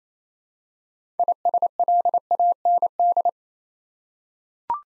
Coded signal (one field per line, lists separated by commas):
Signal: Morse code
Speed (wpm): 28 wpm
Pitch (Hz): 700 Hz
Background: none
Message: ISLAND